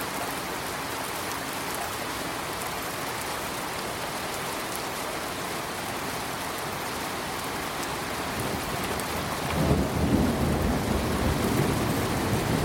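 Steady, dense rain hisses throughout, and around ten seconds a deep rumble swells in, lasting until the end.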